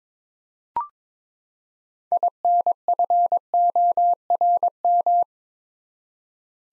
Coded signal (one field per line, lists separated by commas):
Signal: Morse code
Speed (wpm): 22 wpm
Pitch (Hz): 700 Hz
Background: none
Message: INFORM